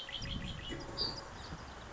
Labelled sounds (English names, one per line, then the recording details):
Red-winged Blackbird
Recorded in Sonoma County, California